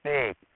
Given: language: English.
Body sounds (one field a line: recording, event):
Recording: throat vibration sensor signal played as sound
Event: speech